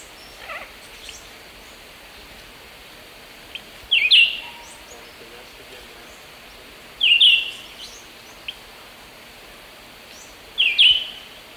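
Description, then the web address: Red-eyed vireo sings short slurred phrases about every three seconds over a quiet hissing background. South America, Eastern Lowlands. "Natures Songs S America Eastern Lowlands. Red-eyed Vireo"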